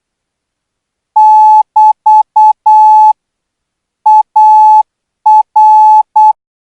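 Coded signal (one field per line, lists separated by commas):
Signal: Morse code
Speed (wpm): 8 wpm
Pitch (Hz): 860 Hz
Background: none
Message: <BT> AR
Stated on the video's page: Thai Morse training signal at 12 words per minute.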